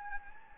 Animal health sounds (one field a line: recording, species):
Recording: mosquito wingbeat signal from an infrared sensor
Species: Anopheles gambiae